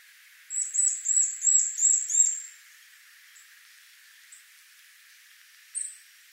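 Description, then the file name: Eurasian nuthatch delivering a rapid run of high, clear piping notes, then a few faint notes and a single louder high note near the end. "Sitta europaea"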